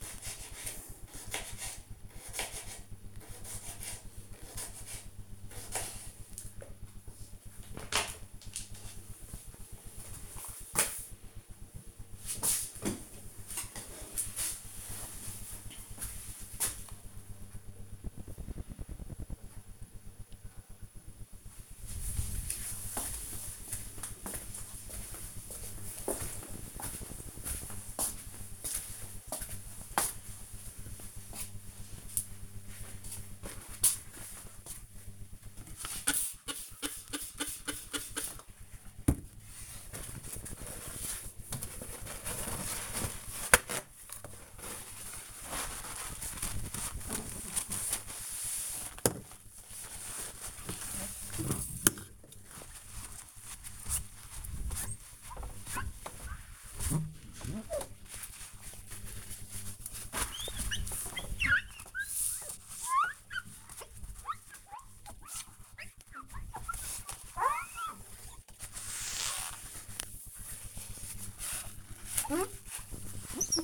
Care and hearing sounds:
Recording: household activities, microphone on the right wrist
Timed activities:
0.00-6.28 s: cutting vegetables
34.50-73.63 s: window cleaning

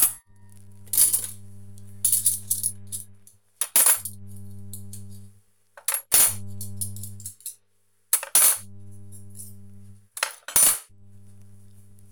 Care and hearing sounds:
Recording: household activities, microphone on the right wrist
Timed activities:
0.00-12.12 s: putting away the dishes

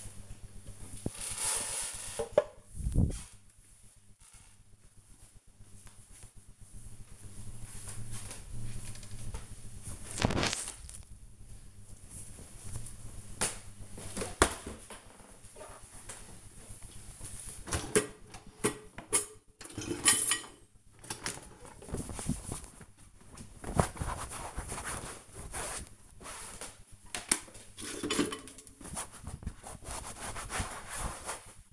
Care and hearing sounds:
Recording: household activities, microphone on the right wrist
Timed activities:
0.00-1.68 s: watering plant
12.77-31.73 s: cleaning out the dishwasher

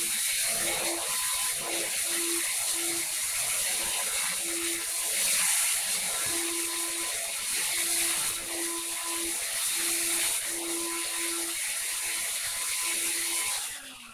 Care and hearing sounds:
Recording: household activities, microphone on the right wrist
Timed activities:
0.00-13.06 s: vacuum cleaning

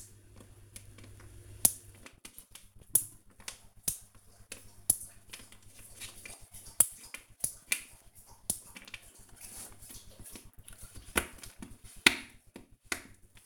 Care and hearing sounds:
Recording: household activities, microphone on the right wrist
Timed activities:
0.00-13.46 s: baking

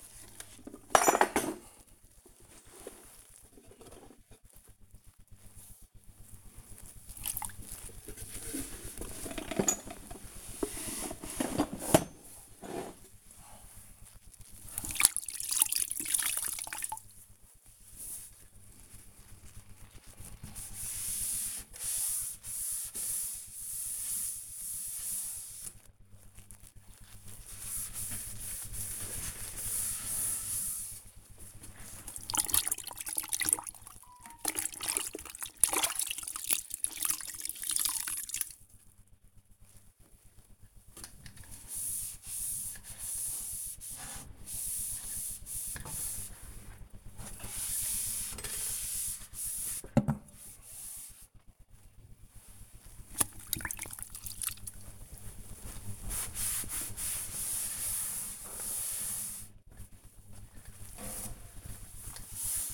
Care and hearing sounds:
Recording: household activities, microphone on the right wrist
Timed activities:
0.00-62.74 s: cleaning the cupboard

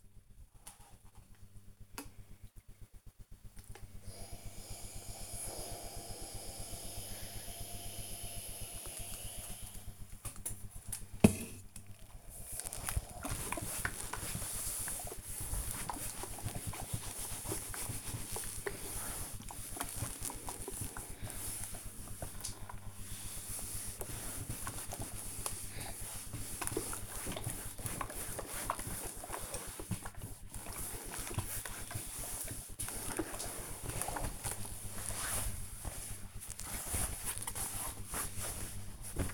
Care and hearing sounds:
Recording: household activities, microphone on the right wrist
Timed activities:
0.00-39.34 s: ironing laundry

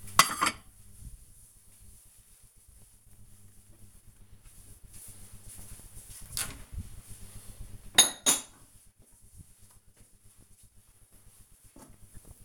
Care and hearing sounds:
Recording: household activities, microphone on the right wrist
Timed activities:
0.00-12.44 s: putting away the dishes

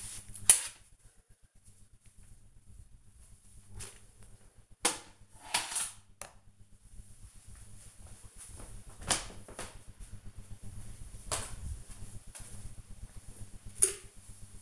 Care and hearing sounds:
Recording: household activities, microphone on the right wrist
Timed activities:
0.00-3.71 s: floor cleaning
12.76-14.62 s: making tea

